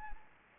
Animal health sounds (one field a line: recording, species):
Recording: mosquito wingbeat signal from an infrared sensor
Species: Anopheles gambiae